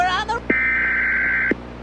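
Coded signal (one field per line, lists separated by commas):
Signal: Emergency Alert System (SAME) tones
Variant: header bursts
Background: speech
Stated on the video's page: Fictional EAS scenario in analog horror style, not a real alert.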